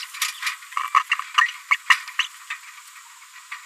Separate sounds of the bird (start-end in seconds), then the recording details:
0.94-1.03, 1.11-1.15, 1.38-1.47, 1.71-1.76, 1.90-1.97, 2.19-2.26, 2.50-2.55. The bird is a female. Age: 30 days. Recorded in a nest box in Venezuela. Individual 17B73B2